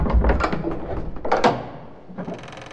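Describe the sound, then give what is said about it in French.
The heavy front door of a home swings shut with a deep, low thud, followed by a rattling clunk of the latch and a brief fading scrape as it settles into the frame. “Je sonne, j'entre, et promptement, au nez de tous les chiens, je ferme la lourde porte, poliment.”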